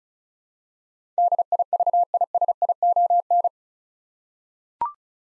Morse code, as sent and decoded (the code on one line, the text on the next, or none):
-.. .. ...- .. ... .. --- -.
DIVISION